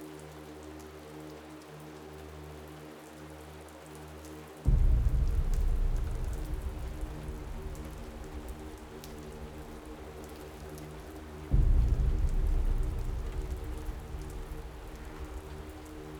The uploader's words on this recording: Body & Mind Relaxation in Samadhi Cave, Tibet.